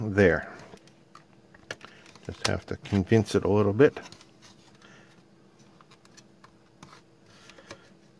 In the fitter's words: that snapped into place that's